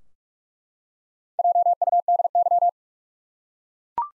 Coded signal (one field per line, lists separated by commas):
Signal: Morse code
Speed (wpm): 43 wpm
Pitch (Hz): 700 Hz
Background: none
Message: JUDY